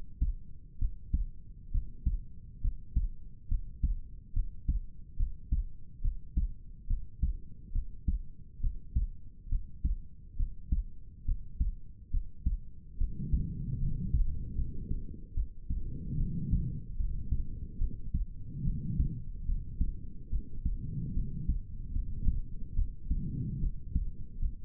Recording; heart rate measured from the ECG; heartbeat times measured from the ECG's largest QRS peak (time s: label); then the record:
heart sounds by stethoscope; 71 bpm
0.78 s: heartbeat
1.71 s: heartbeat
2.61 s: heartbeat
3.48 s: heartbeat
4.33 s: heartbeat
5.16 s: heartbeat
6.01 s: heartbeat
6.87 s: heartbeat
7.72 s: heartbeat
8.60 s: heartbeat
9.49 s: heartbeat
10.36 s: heartbeat
11.25 s: heartbeat
12.10 s: heartbeat
12.97 s: heartbeat
13.78 s: heartbeat
14.55 s: heartbeat
15.34 s: heartbeat
16.17 s: heartbeat
16.96 s: heartbeat
17.78 s: heartbeat
18.64 s: heartbeat
19.45 s: heartbeat
20.30 s: heartbeat
21.14 s: heartbeat
21.92 s: heartbeat
22.75 s: heartbeat
23.60 s: heartbeat
24.39 s: heartbeat
From the record:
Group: healthy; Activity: cold pressor test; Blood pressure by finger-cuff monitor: 86/67 mmHg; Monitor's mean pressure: 73 mmHg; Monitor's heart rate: 70 bpm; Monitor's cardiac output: 4.8 L/min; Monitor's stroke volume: 70 mL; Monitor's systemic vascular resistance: 1080 dyn s/cm5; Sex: male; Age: 20 years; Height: 187 cm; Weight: 68.9 kg